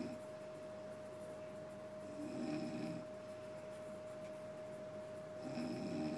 The children s ward at hospital may be a little noisy at night but this mother s snoring is keeping me awake. Put up with this every day.